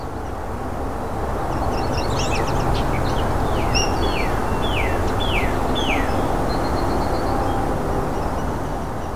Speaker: field sparrow has a very lively song. It starts off with slow, repeated tones, then accelerates to a point where it almost blurs into a solid note.